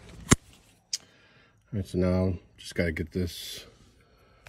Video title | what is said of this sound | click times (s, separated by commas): Honda Civic Seat Belt Rattle Fix 2022 11th Generation | goes into that on both sides and then just push really hard and it snaps back in | 0.3 s, 0.9 s